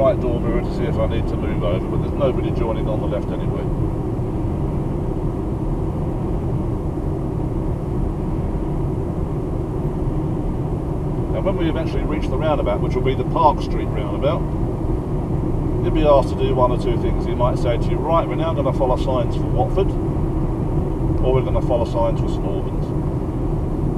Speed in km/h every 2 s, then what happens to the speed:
87, 85, 85, 85, 84, 84, 85, 87, 87, 87, 87, 87.
0-24 steady at about 85.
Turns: none.